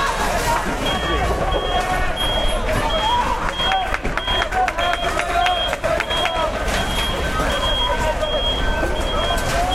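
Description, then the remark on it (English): A bulldozer's engine rumbles steadily as it drives into a barricade with people on it during the occupation of the University of Amsterdam (UvA) campus, while high, repeating reversing beeps sound over it and a crowd of voices shouts and talks throughout. “Tering, die bulldozer die rijdt op die barricade in terwijl er mensen opstaan.”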